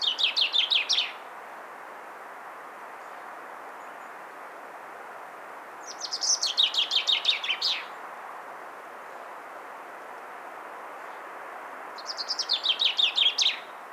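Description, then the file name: Common chaffinch song: three bright, rattling phrases that run down the scale and end in a flourish, spaced about six seconds apart, over a steady low hiss. "Fringilla coelebs"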